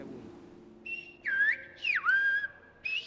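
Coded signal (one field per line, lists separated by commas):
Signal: whistled language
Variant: Silbo Gomero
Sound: loud gliding whistles rising and falling in pitch, with short gaps between phrases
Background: low background hum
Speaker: Well, that's where the ancient language of Silbo-Gomera comes in.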